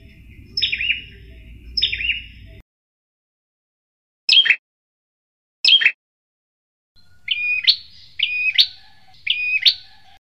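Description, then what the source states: Prinia song: two chirped notes, then after a pause two sharp sweeping notes, then three quick buzzy phrases, with a low rumble at the start. Used as a tutor (master) song for training canaries.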